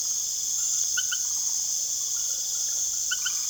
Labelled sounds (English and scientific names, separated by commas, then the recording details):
none
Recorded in secondary vegetation near Puerto Asís, Putumayo, Colombia, on 24 June 2025 at 19:30
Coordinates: 0.489, -76.322
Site G021